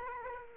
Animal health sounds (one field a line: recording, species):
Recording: mosquito wingbeat signal from an infrared sensor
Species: Aedes aegypti